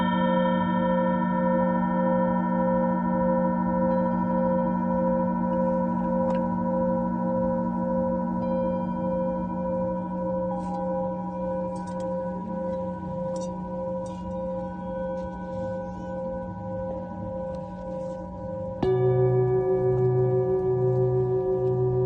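A singing bowl rings in long, sustained tones that hold steady, with a slow pulsing waver in the pitch. Faint light taps and clicks scatter across the middle. Near nineteen seconds a new strike brings a louder, slightly different ringing tone with a stronger throb.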